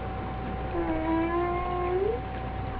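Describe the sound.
Whale call: one long, low tonal moan that holds steady, then sweeps upward at the end, over a constant low hum with faint higher tonal lines.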